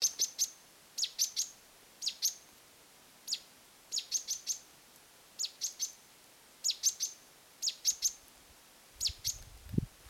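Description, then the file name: Great tit calling, sharp high-pitched notes in quick pairs and triplets, about one cluster a second, with a brief low thump near the end. "Parus major"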